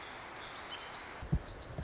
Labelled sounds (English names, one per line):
Pacific Wren